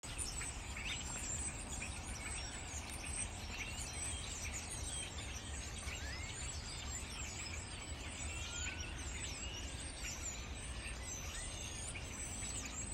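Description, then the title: Birds chattering: many high, twittering and squeaky calls overlap without pause throughout, with a constant low-pitched rumble underneath. Birds would not quiet down for twenty minutes. "Crazy birds"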